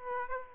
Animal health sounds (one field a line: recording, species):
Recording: mosquito wingbeat signal from an infrared sensor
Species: Aedes aegypti